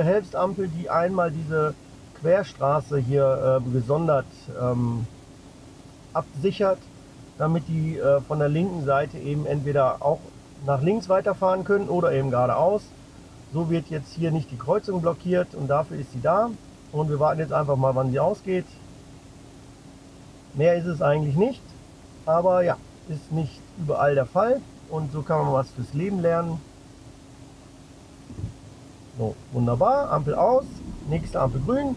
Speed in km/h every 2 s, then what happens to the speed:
0, 0, 0, 0, 0, 0, 0, 0, 0, 0, 0, 0, 0, 0, 2, 11.
0-29 standing. 29-32 pulls away to 11.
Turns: none.